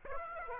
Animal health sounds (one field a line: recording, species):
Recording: mosquito wingbeat signal from an infrared sensor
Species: Aedes aegypti